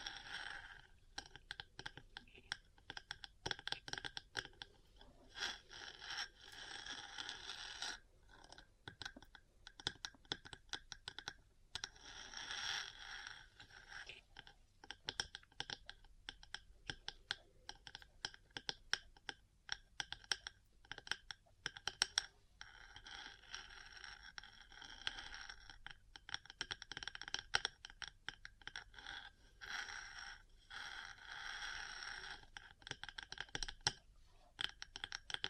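Metal parts tap and scratch in a dense, irregular stream of sharp clicks and rattles, much like rapid typing. Scraping passes come and go, thickening around 6, 12 and 20 seconds. The sound stays bright throughout, with little low end and no steady background.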